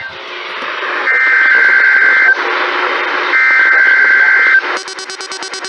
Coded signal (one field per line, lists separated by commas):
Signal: Emergency Alert System (SAME) tones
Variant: header bursts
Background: speech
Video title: **LATE**... Marching with the EAS... EAS Alerts from 3/4/2020-3/25/2020 (EAS #303-309)